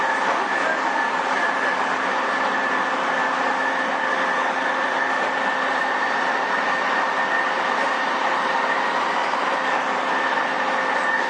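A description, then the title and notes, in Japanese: A JR East 231 series train runs steadily with a constant whirring rumble and faint sustained tones, unchanging for the whole clip. JRE231系 伊東〜横浜。区間は伊東線→東海道線です。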